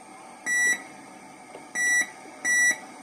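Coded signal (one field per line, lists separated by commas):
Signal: none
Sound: a device's beeps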